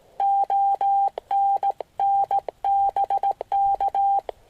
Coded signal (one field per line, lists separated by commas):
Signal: Morse code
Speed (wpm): 18 wpm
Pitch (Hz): 790 Hz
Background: none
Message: ONN BK